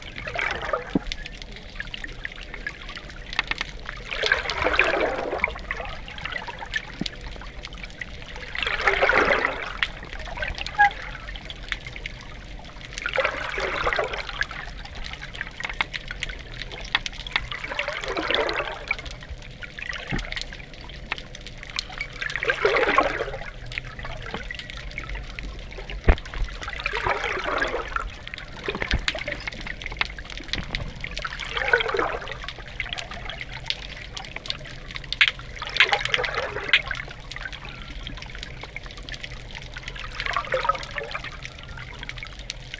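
Underwater soundscape where a watery whoosh swells and fades about every four to five seconds over a steady low murmur with scattered faint ticks.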